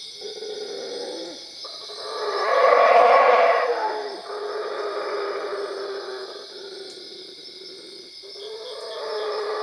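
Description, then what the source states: Howler monkey roaring in rolling waves, with a loud guttural surge around three seconds and a rising roar near the end, steady high droning behind. Cuevas.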